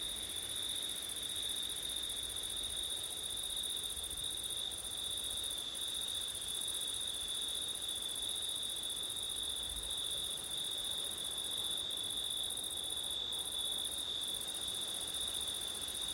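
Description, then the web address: Crickets trilling nonstop at a high pitch, with a second very high buzzing layer that has short gaps now and then. Crickets on a windy September night; ORTF stereo. "audio crickets wind september night ortif"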